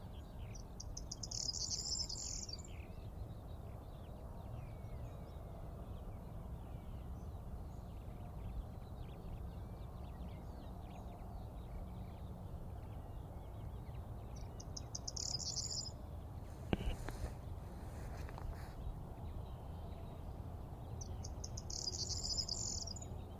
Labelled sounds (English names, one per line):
Corn Bunting song